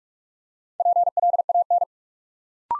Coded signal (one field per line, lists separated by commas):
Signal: Morse code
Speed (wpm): 44 wpm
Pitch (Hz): 700 Hz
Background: none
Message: PLAN